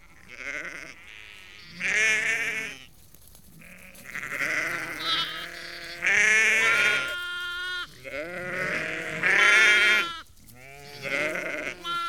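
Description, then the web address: Sheep flock calling, a chorus of quavering bleats, some deep and some high-pitched, arriving in overlapping bursts every second or two. About 30-50 ewes and lambs calling; livestock. "The BBC Sound Effects Library. Ewes and Lambs Calling"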